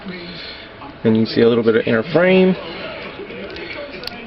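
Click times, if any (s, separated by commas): 4.1 s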